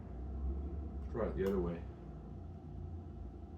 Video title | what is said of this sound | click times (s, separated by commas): Clean & Replace Foil and Cutters on Remington PF7855 - Easy Step-by-Step Guide - Electric Razor Rap | yeah that one that one didn't click let's take it let's take out the front one again and let's just hear for this click | none